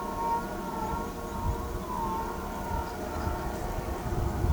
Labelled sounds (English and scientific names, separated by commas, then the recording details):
none
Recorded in pastures near Pivijay, Magdalena, Colombia, on 14 April 2023 at 16:30
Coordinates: 10.456, -74.369
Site P6-G026